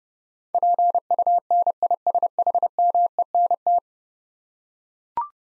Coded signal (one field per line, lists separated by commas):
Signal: Morse code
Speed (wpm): 30 wpm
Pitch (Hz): 700 Hz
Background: none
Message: PUNISHMENT